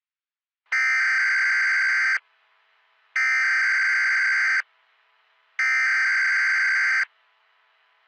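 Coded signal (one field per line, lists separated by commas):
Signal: Emergency Alert System (SAME) tones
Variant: header bursts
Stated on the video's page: Fictional EAS scenario, a simulated alert.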